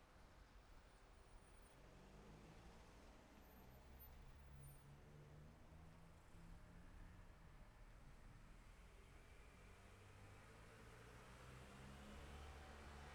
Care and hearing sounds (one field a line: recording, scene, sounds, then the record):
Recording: everyday scene through a hearing-aid microphone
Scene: in traffic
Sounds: traffic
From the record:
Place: city secondary road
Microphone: behind the ear, left, front